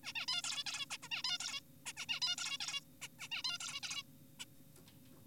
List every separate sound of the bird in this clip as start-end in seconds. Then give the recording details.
0.04-0.13, 0.16-0.26, 0.28-0.42, 0.44-0.64, 0.67-0.86, 0.91-0.97, 1.03-1.08, 1.11-1.23, 1.25-1.38, 1.40-1.60, 1.86-1.93, 1.97-2.06, 2.09-2.20, 2.22-2.36, 2.38-2.58, 2.60-2.81, 3.02-3.08, 3.19-3.28, 3.32-3.42, 3.44-3.58, 3.60-3.80, 3.83-4.03, 4.40-4.45. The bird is an adult. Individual g4p5U